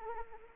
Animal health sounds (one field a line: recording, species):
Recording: mosquito wingbeat signal from an infrared sensor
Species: Anopheles arabiensis